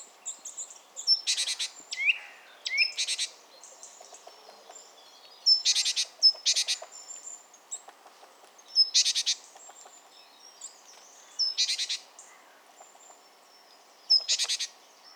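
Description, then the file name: Great tit giving bursts of harsh, buzzy rattling notes repeated every one to three seconds, with faint bird chatter behind. "Parus major"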